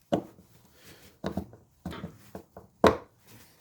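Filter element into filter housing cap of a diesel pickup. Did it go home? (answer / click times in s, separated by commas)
yes / 2.9 s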